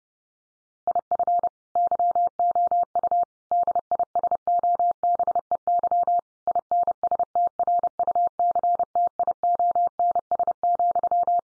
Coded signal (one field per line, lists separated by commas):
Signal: Morse code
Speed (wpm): 30 wpm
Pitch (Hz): 700 Hz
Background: none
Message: IF YOU DISOBEY INSTRUCTIONS,